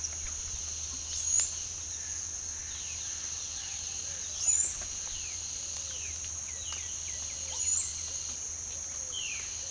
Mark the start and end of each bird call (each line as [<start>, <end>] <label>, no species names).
[1.02, 1.61] bird call
[2.73, 8.03] bird call
[9.11, 9.46] bird call